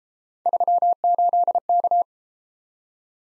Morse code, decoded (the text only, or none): 38K